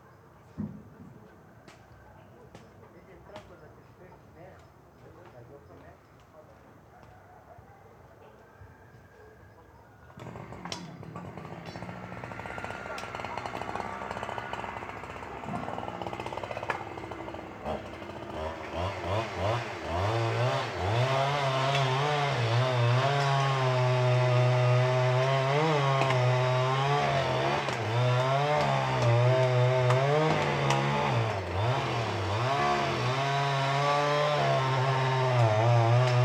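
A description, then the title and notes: Quiet woods with scattered knocks, then from about ten seconds a chainsaw starts, rising into a loud, steady, wavering whine that continues to the end. Illegal Felling Of Pines In Cuxtitali. Behind our house there is a forest reserve that was invaded by more than 40 Chamula families who are deforesting the woods so quickly.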